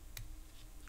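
A small metal spring is pushed onto the slotted nut of a LEAF Twig or Thorn safety razor during reassembly. A sharp click at 0.2 s marks the spring snapping into place, followed by a fainter tick near 0.9 s. The spring is seated on the nut.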